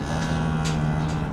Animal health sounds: contact call of a hoofed animal; cattle; low-frequency (closed-mouth) or high-frequency (open-mouth) call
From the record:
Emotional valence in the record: negative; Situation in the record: physical separation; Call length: 1.33 s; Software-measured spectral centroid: 2160 Hz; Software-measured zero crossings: 1120 a second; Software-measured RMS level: -24 dBFS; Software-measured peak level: -12 dBFS

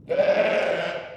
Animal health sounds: contact call of a hoofed animal; sheep; low-frequency (closed-mouth) or high-frequency (open-mouth) call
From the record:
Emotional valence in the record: negative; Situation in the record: short social isolation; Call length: 1.17 s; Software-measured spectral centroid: 1580 Hz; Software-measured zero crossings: 1770 a second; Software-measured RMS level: -23 dBFS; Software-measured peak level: -9 dBFS

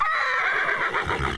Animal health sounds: contact call of a hoofed animal; horse; whinny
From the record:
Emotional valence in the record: positive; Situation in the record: reunion with one group member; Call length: 1.37 s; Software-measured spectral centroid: 2090 Hz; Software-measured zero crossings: 3030 a second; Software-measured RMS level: -24 dBFS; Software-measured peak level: -10 dBFS

